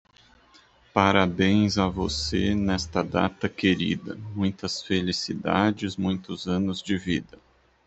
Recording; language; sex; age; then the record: short text; Brazilian Portuguese; male; 30 to 39 years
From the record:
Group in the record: control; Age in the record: 39 years